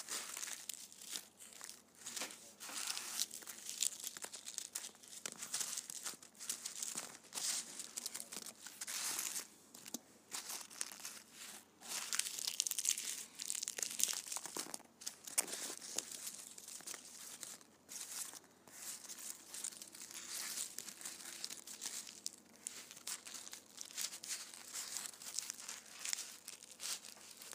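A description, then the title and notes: Candy wrappers crinkle and crumple continuously for the whole stretch, a dense, irregular crackle that is bright and hissy. The handling surges and eases in bursts, with short pauses near 15 and 18 seconds, and a faint low hum sits underneath. ASMR Candy Wrappers.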